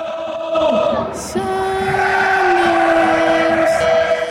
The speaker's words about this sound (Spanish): Bueno, aquí se escucha la porra de los Sounders. Seattle.